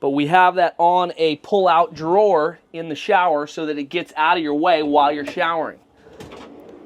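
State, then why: Not seated. Someone talks over most of the clip about the toilet's pullout drawer on slides in a van shower cabinet, which keeps it out of the way while showering. After about 5.8 s the talk stops, leaving quiet handling noise with a brief soft knock near 6.2 s as the drawer is handled. Nothing has seated or locked open yet.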